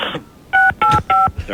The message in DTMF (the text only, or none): 685